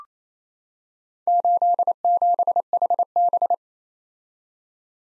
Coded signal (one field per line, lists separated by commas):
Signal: Morse code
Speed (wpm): 27 wpm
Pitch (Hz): 700 Hz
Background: none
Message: 87HB